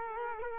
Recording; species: mosquito wingbeat signal from an infrared sensor; Culex quinquefasciatus